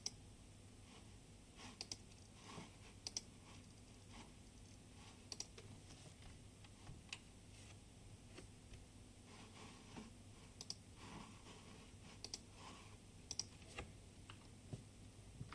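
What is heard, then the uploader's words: Typing on a keyboard: quick, uneven key clicks come in bursts, with brief pauses between runs. A few sharper, louder strikes stand out around 3, 5, 11 and 13 seconds. A steady low hum runs underneath the whole time. Typing sound. In CityU HK, School of creative media, pod.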